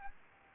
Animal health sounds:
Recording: mosquito wingbeat signal from an infrared sensor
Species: Aedes albopictus

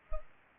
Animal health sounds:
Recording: mosquito wingbeat signal from an infrared sensor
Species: Culex pipiens

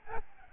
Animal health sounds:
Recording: mosquito wingbeat signal from an infrared sensor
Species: Aedes albopictus

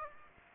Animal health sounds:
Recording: mosquito wingbeat signal from an infrared sensor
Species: Aedes aegypti

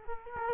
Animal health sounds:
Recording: mosquito wingbeat signal from an infrared sensor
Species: Culex quinquefasciatus

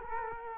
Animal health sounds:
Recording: mosquito wingbeat signal from an infrared sensor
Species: Culex quinquefasciatus

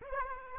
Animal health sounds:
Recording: mosquito wingbeat signal from an infrared sensor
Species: Aedes aegypti

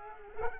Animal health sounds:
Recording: mosquito wingbeat signal from an infrared sensor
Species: Culex quinquefasciatus

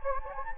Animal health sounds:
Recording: mosquito wingbeat signal from an infrared sensor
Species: Anopheles gambiae

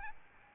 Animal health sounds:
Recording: mosquito wingbeat signal from an infrared sensor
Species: Aedes albopictus

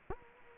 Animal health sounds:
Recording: mosquito wingbeat signal from an infrared sensor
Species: Culex quinquefasciatus

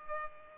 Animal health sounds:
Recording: mosquito wingbeat signal from an infrared sensor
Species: Culex pipiens

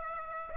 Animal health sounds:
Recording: mosquito wingbeat signal from an infrared sensor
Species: Aedes aegypti

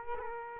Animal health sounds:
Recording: mosquito wingbeat signal from an infrared sensor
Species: Aedes aegypti

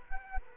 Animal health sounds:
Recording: mosquito wingbeat signal from an infrared sensor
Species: Culex quinquefasciatus

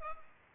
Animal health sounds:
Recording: mosquito wingbeat signal from an infrared sensor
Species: Culex pipiens

